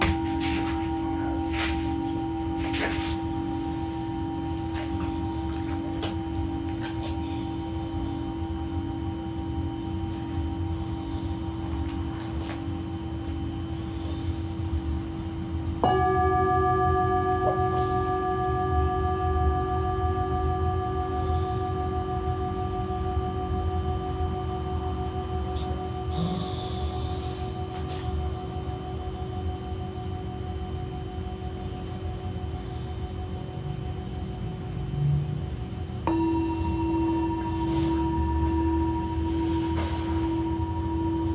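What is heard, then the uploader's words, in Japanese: Singing bowls ring with long, steady sustained tones over a low murmur, new bowls struck near 16 and 36 seconds adding brighter layered pitches. 真夜中のシンギングボウルのサウンドヒーリング。チベタンシンギングボウル。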